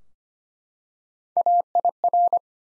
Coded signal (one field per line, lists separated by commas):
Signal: Morse code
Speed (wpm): 25 wpm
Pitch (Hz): 700 Hz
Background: none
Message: AIR